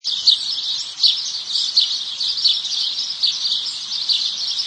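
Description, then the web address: Birds singing in a dense, continuous chorus of high chirps and twitters, with bursts of louder phrases throughout. "Lynne Music. Birdsloop"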